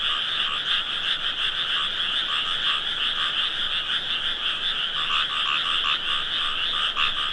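Frogs in a thick, continuous chorus of high buzzy trills, with quick lower croaks breaking through now and then.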